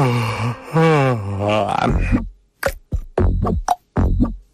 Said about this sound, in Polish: Budzimy się, co po niektórzy lubią sobie poziewać. Otóż ziewanie pełnopaszczowe, takie ziewanie, jakie my sobie wyobrażamy z przeciąganiem się, to jest najcudowniejsze ćwiczenie logopedyczne na poranek.